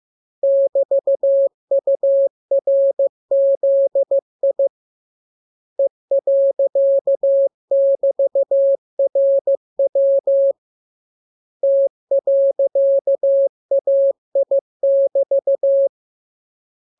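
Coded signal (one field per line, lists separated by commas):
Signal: Morse code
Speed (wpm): 15 wpm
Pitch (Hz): 550 Hz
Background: none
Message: <BT>URZI E.<BT>RW T.AI<BT>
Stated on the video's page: Morse lesson 17 radiogram practice, preceded by VVV and section sign, ending with AR.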